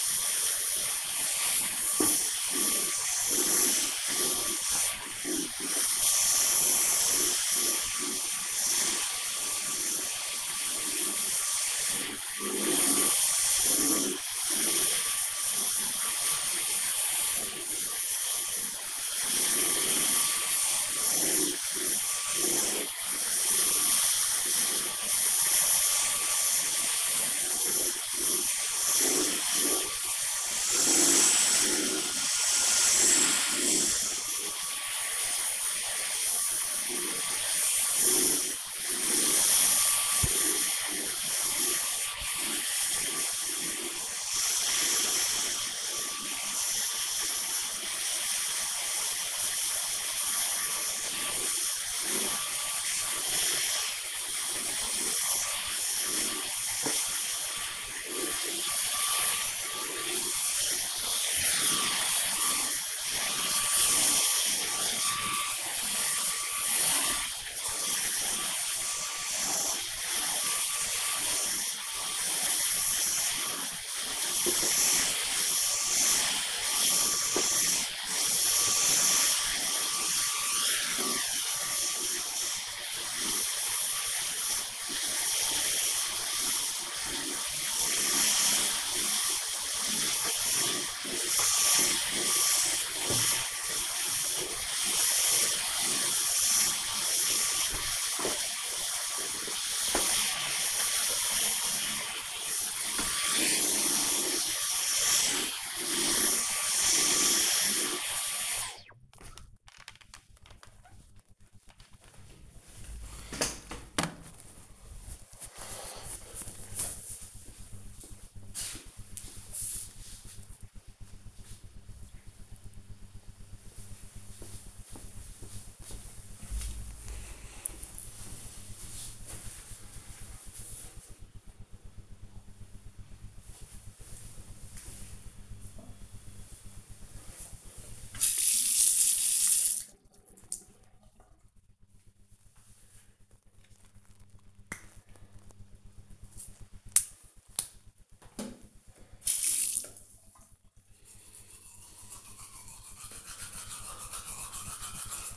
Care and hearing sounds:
household activities, microphone on the right wrist
0.00-108.57 s: vacuum cleaning
133.76-155.37 s: brushing teeth

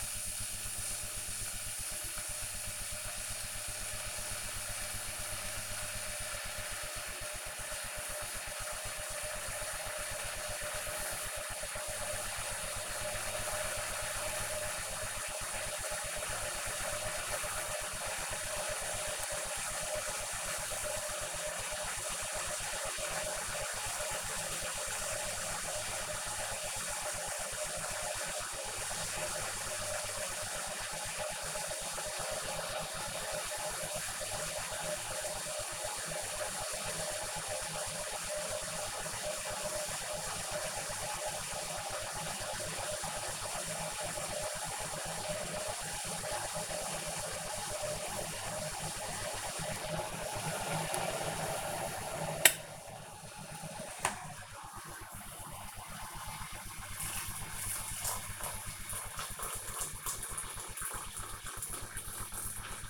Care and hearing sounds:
household activities, microphone on the right wrist
0.00-62.90 s: making tea

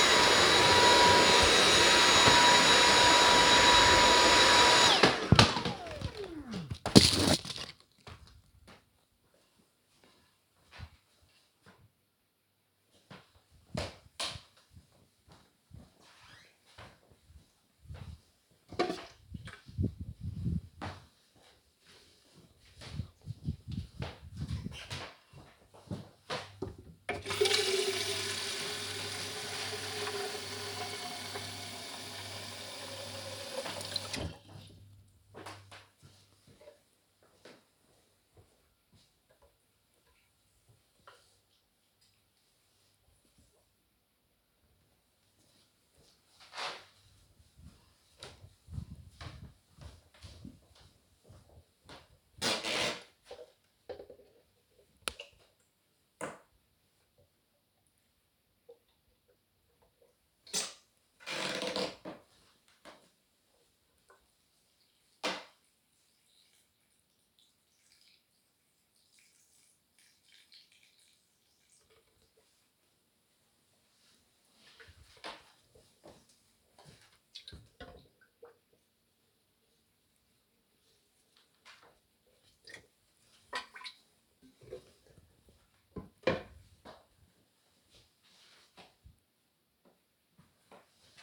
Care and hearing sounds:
household activities, microphone on the right wrist
0.00-6.42 s: vacuum cleaning
19.48-84.74 s: watering plant

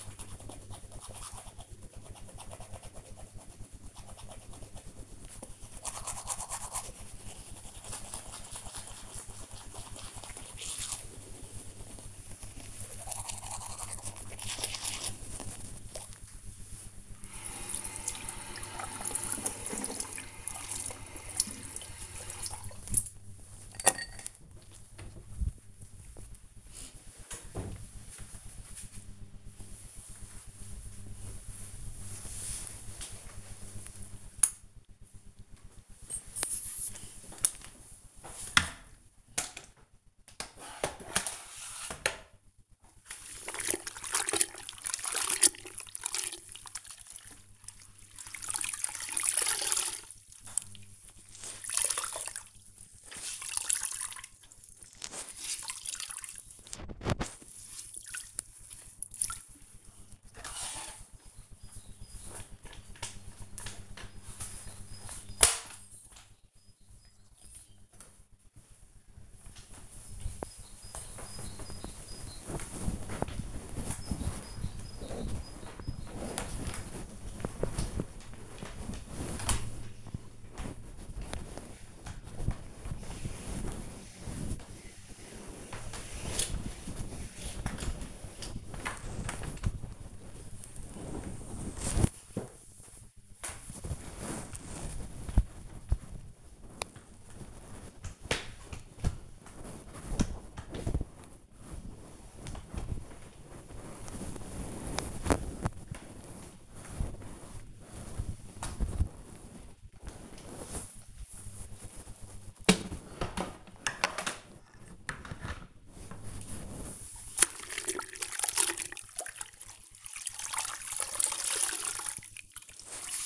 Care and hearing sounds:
household activities, microphone on the right wrist
0.00-24.57 s: brushing teeth
34.63-123.26 s: floor cleaning

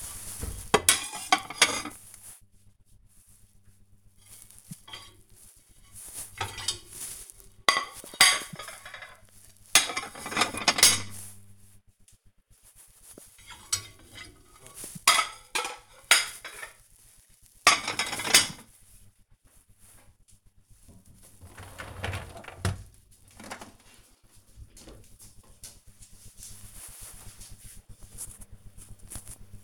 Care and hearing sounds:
household activities, microphone on the right wrist
0.00-24.70 s: cleaning out the dishwasher

